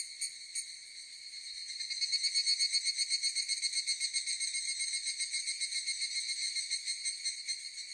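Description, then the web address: Cicada song: a sustained metallic drone, quieter at first then swelling, with fast regular pulsing. "insects cicadas"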